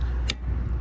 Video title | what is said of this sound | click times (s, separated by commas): 2024 BMW i4 xDrive40 Public Charging Test! /// Allcarnews | locks into place now you can see how damage this cable is already | 0.3 s